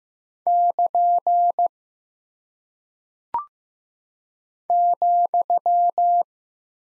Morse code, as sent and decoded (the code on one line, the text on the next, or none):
-.--. / --..--
<KN> ,